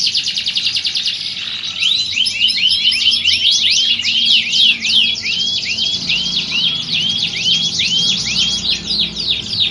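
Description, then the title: Belgian canary song, bright rapid trills shifting into a long series of rising hooked whistles. Belgian canary warm-up song, simulating a singing contest to train champion canaries' mental readiness. "Canto Para Esquentar Canário Belga. Simulasi Lomba Kenari. Suara Kenari Lomba. Melatih Mental Kenari Juara"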